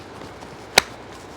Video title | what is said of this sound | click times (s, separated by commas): 2025 Aqua Lung PRO HD Jacket Style BCD** Very Nice ! 6 of 7 | Yeah, pretty well you can hear that snap in. | 0.8 s